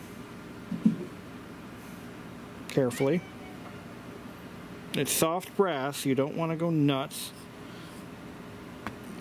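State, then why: Stripped. A screwdriver removing a soft brass screw from the motor housing of a 1923 16-inch GE AOU "Loop Handle" fan slips out of the already damaged slot with a sharp tick at 8.9 s while someone talks. The screwdriver cams out and strips the soft brass screw head.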